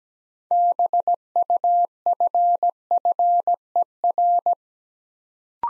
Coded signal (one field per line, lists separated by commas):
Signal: Morse code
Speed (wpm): 17 wpm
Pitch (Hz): 700 Hz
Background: none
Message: BUFFER